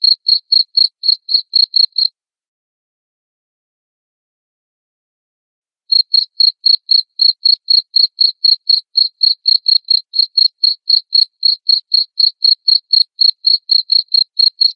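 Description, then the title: Cricket chirps, evenly spaced high pulses about four per second, a pause of several seconds, then the series resumes. Loud cricket chirping (ngerik) played to make lovebirds sing continuously (ngekek). "Suara JANGKRIK NGERIK Keras Bikin LOVEBIRD Jadi NGEKEK Terus Vubey"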